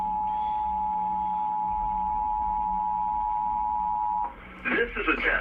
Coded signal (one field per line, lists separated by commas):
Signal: Emergency Alert System (SAME) tones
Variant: 853 and 960 Hz attention tone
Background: speech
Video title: Kidd and Cee Reacts To Rare and Disturbing EAS Alerts Explained